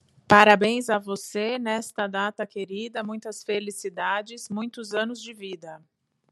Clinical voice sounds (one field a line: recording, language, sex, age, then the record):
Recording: short text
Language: Brazilian Portuguese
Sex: female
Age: 30 to 39 years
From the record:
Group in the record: control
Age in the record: 39 years